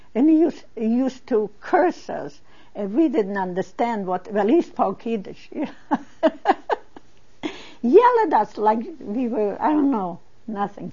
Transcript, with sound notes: And he used, he used to curse us if we didn't understand what, he spoke Yiddish. (She laughs.) Yell at us like we were, I don't know, nothing.